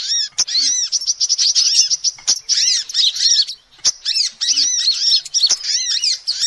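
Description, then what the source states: Lovebird calls: strident, rapid squeaky chirps in busy bursts, separated by brief pauses and sharp clicks. Calls used as a lure (pikat) to trap birds.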